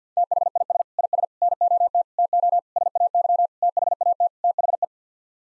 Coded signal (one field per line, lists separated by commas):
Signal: Morse code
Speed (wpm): 50 wpm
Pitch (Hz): 700 Hz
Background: none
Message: THIS IS NOT TO SAY THAT THE